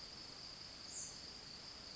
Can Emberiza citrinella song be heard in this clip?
no